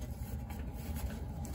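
A 3D-printed square plastic hole cap is handled and pushed toward a hole in a Ford Maverick pickup tailgate, over a steady low rumble with faint handling noises around 0.5 s and a sharp tick near 1.5 s. The cap has not seated or clicked in yet.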